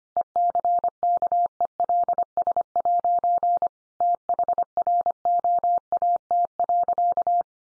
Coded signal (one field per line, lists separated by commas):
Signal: Morse code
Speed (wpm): 25 wpm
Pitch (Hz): 700 Hz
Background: none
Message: ECKELS' THROAT.